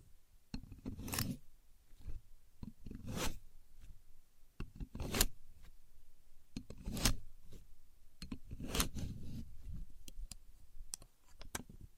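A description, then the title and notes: A contour gauge is being worked, with no talking. Its pins give short, bright scraping rasps roughly every one to two seconds, some sharp and clicky, others smeared like a zipper pull. Between strokes come soft low bumps and handling noise. Using A Contour Gauge (No Talking).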